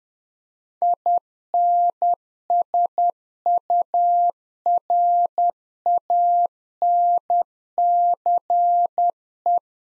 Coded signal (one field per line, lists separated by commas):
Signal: Morse code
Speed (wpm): 10 wpm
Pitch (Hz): 700 Hz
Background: none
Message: INSURANCE